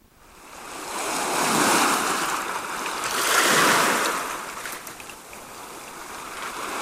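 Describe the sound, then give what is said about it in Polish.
Sea waves wash onto the shore in broad, hissing surges, swelling and receding twice over several seconds with no voices present. “Z gościnnego Szczecina przenoszę państwa nad morze.”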